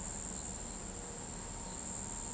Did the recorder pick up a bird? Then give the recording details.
no. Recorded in pastures near Pivijay, Magdalena, Colombia, on 14 April 2023 at 03:30. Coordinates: 10.456, -74.369. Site P6-G026